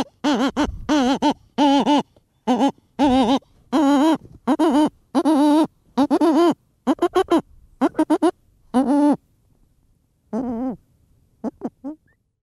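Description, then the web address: Cory's shearwater mating calls, hoarse wailing notes in a rhythmic series, then a pause and a few quieter final cries. Mating vocalizations, breeding season. "aves-marinhas cagarro Vocalizacoes Cagarros Acasalamento"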